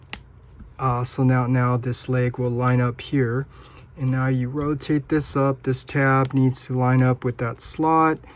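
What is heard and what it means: A plastic tab at the leg joint of a transforming robot toy is unhooked, giving a sharp click at 0.1 s as the tab releases. After that, someone talks over faint handling of the plastic toy.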